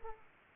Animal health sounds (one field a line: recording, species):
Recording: mosquito wingbeat signal from an infrared sensor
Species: Aedes aegypti